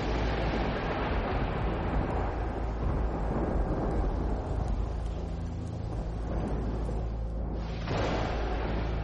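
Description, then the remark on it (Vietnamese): Heavy rain pours down in a dense, steady roar, with deep thunder rumbling underneath and swelling briefly midway. No voices, just the continuous wash of the storm. “Sấm sét ầm ầm vang dội bên tai, cứ như là nổ ngay bên cạnh vậy. Mây đen trên bầu trời xà xuống thấp, nước mưa như là thác đổ.”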